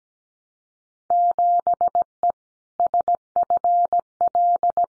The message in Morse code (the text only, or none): 7E SFL